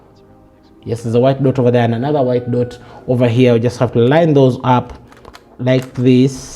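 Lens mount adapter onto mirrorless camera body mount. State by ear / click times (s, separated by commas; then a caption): not seated / none. A metal Movo Canon-to-Sony lens mount adapter is held against a mirrorless camera's E-mount while someone talks, lining up the white dots on the adapter and the mount. The adapter has not been twisted, and nothing has seated or clicked yet.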